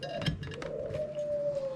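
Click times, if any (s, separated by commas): 0.3 s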